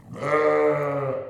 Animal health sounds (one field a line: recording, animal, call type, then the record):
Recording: contact call of a hoofed animal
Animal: sheep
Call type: low-frequency (closed-mouth) or high-frequency (open-mouth) call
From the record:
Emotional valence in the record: negative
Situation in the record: short social isolation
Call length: 1.30 s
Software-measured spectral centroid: 1380 Hz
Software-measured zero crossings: 1290 a second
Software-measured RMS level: -23 dBFS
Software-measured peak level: -9 dBFS